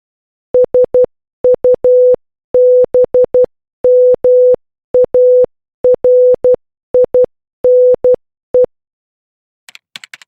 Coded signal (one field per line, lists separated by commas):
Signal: Morse code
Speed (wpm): 12 wpm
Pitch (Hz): 500 Hz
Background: none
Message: SUBMARINE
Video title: Learning Morse Code Book - Letters a-s (6)